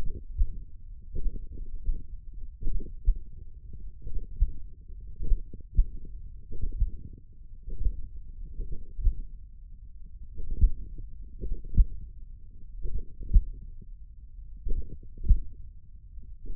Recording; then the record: forearm muscle sounds (acoustic myography)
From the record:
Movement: tripod grip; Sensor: system 1, eight BSWA MPA416 microphones around the upper forearm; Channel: 6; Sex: male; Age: 42 years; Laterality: right